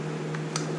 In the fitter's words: spinner cone back on top of it by going in reverse until it clicks